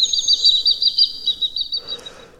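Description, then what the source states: Great Crested Grebe begging: high, thin whistled piping, held and repeated almost without pause, wavering slightly in pitch, then ending as a soft rustle enters. Striped-faced juveniles begging loudly and demandingly from their parents, continuing to claim attention and food.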